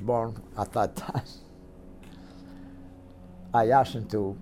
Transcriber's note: chuckles